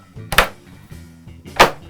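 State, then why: Seated. The removable lower deck of a metal Schmidt Array pedalboard is pressed down onto the frame's four ball-style hinge pins, snapping into place with sharp clicks at 0.3 s and 0.4 s. Another loud snap follows near 1.6 s over a steady low hum. The deck is seated securely and is not going anywhere.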